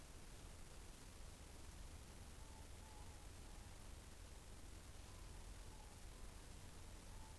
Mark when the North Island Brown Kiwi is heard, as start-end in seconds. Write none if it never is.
none